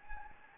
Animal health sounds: mosquito wingbeat signal from an infrared sensor; Anopheles gambiae

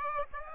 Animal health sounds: mosquito wingbeat signal from an infrared sensor; Aedes aegypti

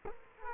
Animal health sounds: mosquito wingbeat signal from an infrared sensor; Culex quinquefasciatus

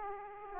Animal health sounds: mosquito wingbeat signal from an infrared sensor; Aedes aegypti

